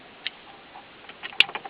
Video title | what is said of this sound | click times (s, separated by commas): Ford Focus stereo | On this, and they should click in. | 1.4 s